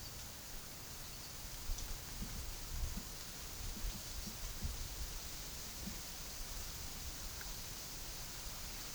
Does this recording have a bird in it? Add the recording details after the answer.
no. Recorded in pastures near Puerto Asís, Putumayo, Colombia, on 24 June 2025 at 12:30. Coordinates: 0.497, -76.327. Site G040